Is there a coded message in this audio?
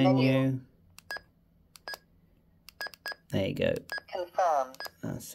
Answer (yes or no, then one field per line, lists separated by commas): no